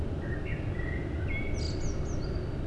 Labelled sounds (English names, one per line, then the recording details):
Common Blackbird
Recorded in Germany
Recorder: ecoPi